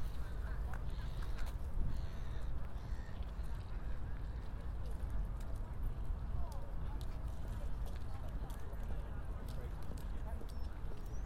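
A walk through Hyde Park toward the winter carnival: steady low crowd murmur and chatter, with scattered bright clicks, calls and a few duck-like squawks.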